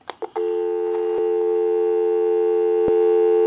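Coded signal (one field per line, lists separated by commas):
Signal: telephone call progress tone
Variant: North America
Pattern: dial tone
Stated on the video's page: Call progress tone heard on an ITT 500 rotary dial telephone during checkout and repair.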